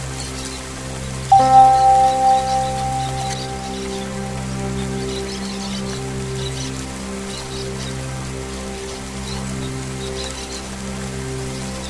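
Steady rain patters throughout, layered over the low, sustained hum of Tibetan singing bowls. Just after one second a bowl is struck, ringing out a clear tone that fades over the next second or so, while the rain and drone continue evenly.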